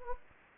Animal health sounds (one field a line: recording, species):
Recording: mosquito wingbeat signal from an infrared sensor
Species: Anopheles gambiae